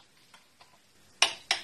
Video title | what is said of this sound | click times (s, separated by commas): TUTO : HYUNDAI GETZ VIDANGE MOTEUR PLUS REMPLACEMENT DE TOUS LES FILTRES ! | Voilà, quand ça clique, c'est que c'est serré. | 1.2 s